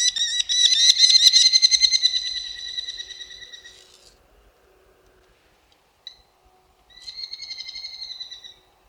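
American Kestrel giving rapid, shrill, repeated killy notes for about four seconds, then silence and a shorter second run of similar notes.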